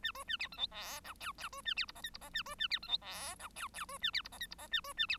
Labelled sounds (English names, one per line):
Bengalese Finch song